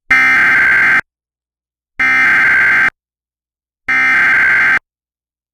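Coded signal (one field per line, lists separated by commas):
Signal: Emergency Alert System (SAME) tones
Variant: header bursts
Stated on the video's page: IPAWS fire warning EAS alert.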